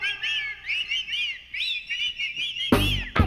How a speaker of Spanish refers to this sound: Lo que vayamos diciendo lo tienen que repetir. Aplaudir, aplaudir, todo el mundo va a aplaudir. A silbar, todo el mundo va a silbar.